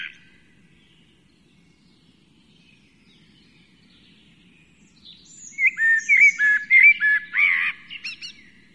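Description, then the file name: Common blackbird song: after a brief opening sound and about five quiet seconds, a quick three-second run of mid-pitched, slurred fluty notes with thin, high twittering layered above. "amsel"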